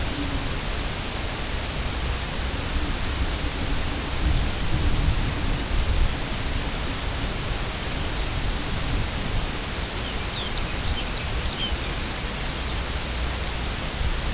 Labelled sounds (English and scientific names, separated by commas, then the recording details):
Lapland Longspur (Calcarius lapponicus)
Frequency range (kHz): Lapland Longspur (Calcarius lapponicus) 2.1-6.5 kHz
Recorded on Arctic tundra, site UTQI-2, on 10 June 2019
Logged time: 16:00